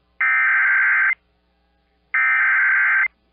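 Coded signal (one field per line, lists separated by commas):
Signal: Emergency Alert System (SAME) tones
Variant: header bursts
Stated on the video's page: Real alerts for Hurricane Fiona in Puerto Rico, received from NOAA Weather Radio San Juan, a San Juan TV station's audio, and a Hormigueros transmitter.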